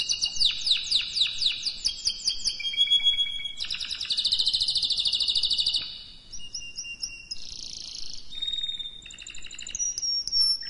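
Canary singing a medley of fast trills, whistled rolls and high buzzy tours, changing pattern every second or two.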